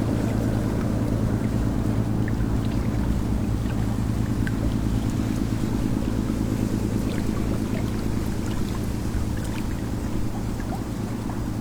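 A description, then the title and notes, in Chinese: A ship passes in a bay by a river, its engine a steady, deep drone with a throbbing hum that holds level for the whole stretch. Light wind rustles over it, and small faint ticks and clicks come through now and then. 江畔轻风舒，湾内轮船过。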